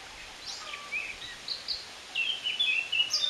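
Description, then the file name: Eurasian blackcap warbling, with scattered softer notes at first, then a louder, faster run of sweet, high twitters near the end. "Sylvia atricapilla"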